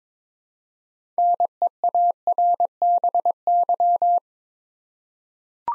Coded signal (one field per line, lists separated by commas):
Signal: Morse code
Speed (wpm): 21 wpm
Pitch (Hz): 700 Hz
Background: none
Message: NEARBY